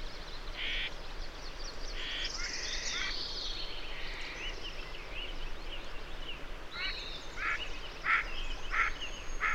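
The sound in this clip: Birdsong: many short bright chirps and trills over steady low rumbling noise.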